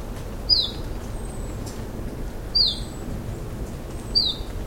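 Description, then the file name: Iberian chiffchaff uttering three sharp, falling high notes spaced about 1.5 to 2 seconds apart, with a constant low hum beneath. "iberischer zilpzalp"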